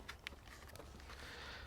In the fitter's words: so you can hear that clicking in